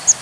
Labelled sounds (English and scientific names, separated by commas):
Palm Warbler (Setophaga palmarum) flight call